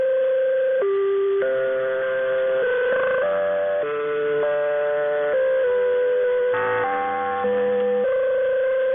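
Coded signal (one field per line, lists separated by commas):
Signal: channel marker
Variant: Bangkok VOLMET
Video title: Bangkok Meteo Interval Signal [HQ]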